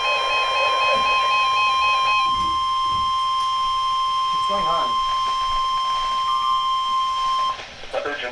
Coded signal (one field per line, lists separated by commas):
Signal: Emergency Alert System (SAME) tones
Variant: 1050 Hz attention tone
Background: speech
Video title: [READ DESCRIPTION] EAS Alerts from November 5, 2017 [ENHANCED RISK DAY] (EAS #206-219)